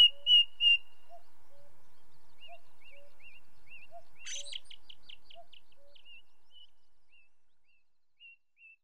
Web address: Sound Effects Library (British Birds) Ring Ouzel song, with song of second bird, red grouse and cuckoo in background